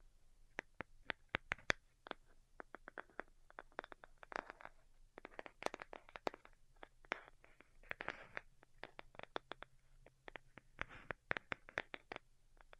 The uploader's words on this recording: ASMR DELICATE Tapping for Sleep (No Talking).